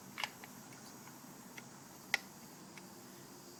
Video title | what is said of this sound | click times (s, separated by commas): GS500 Clutch Cover Seal Replacement | cuz it'll just click into place and uh and that's where it is | 2.1 s